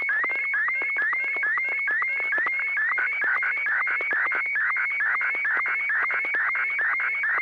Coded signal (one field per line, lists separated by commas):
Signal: SSTV (slow-scan television)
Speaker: well I'm not sure what happened there because it looked I thought we were in the middle of a conversation and and hadn't gotten the request to to send the next picture yet yet another picture appeared